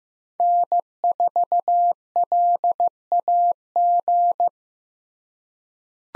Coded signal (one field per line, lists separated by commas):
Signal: Morse code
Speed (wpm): 15 wpm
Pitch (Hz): 700 Hz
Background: none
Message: N4LAG